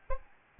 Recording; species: mosquito wingbeat signal from an infrared sensor; Aedes albopictus